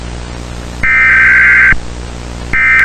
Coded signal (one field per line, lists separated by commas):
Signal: Emergency Alert System (SAME) tones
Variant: header bursts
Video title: EAS Scenario:DON'T TRUST ACE